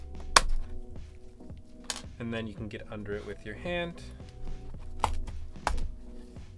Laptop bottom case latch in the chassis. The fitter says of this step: simply slide it across until you hear a pop.